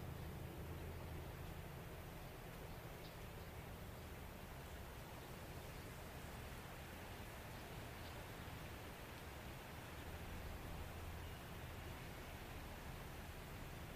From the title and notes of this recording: Spring in Rural Oregon. We enjoy a beautiful morning sound experience of rural Oregon. You can hear birds chirping, wind blowing on grass and trees, and practically smell the flowers blooming.